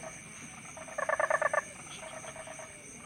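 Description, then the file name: Toad calls: one loud short pulsed trill of several rapid notes, with fainter trills from other toads before and after and a steady high hiss. "Crapauds"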